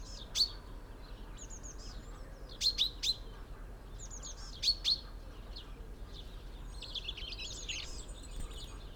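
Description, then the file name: Common chaffinch calls: sharp, clipped notes, single or in small clusters of two or three, spaced a second or two apart, with thin whistles and twittering between and after. "Fringilla coelebs"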